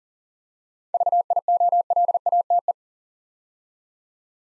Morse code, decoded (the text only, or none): VIOLATE